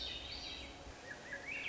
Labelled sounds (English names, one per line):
Swainson's Thrush